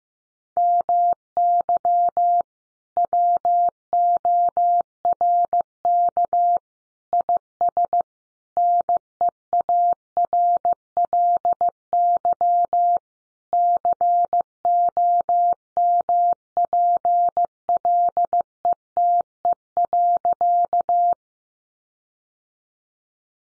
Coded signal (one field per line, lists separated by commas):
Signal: Morse code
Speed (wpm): 15 wpm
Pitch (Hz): 700 Hz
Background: none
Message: MY WORK IS NEARLY COMPLETE.